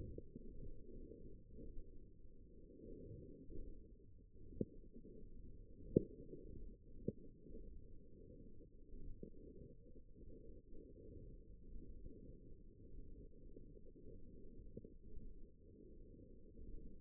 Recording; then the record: forearm muscle sounds (acoustic myography)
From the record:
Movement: radial deviation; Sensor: system 1, eight BSWA MPA416 microphones around the upper forearm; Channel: 7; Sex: female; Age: 21 years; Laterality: right